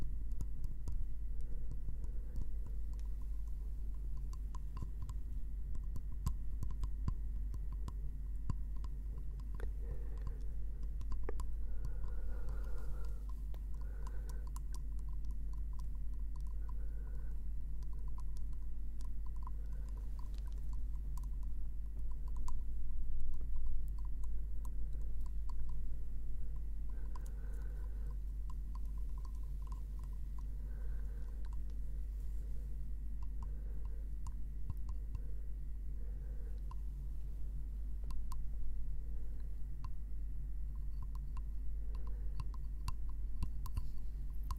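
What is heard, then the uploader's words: Gentle tapping and scratching on wood, with soft clicks and small taps scattered throughout at an irregular but fairly steady pace. A low, constant hum runs underneath, and brief louder tapping clusters come around 12, 23 and 38 seconds. ASMR gentle Wood Triggers - tapping & scratching.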